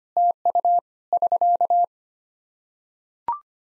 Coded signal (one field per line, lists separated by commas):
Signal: Morse code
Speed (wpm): 25 wpm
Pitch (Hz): 700 Hz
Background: none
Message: TU <SK>